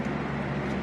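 During an Epson L1800 printhead replacement on a DTF printer, a plastic part on the print carriage is being pushed back into place after the wire has been routed around it. Only a steady, broadband hum with low tonal bands is heard, with no sharp transients. Nothing has snapped or seated yet.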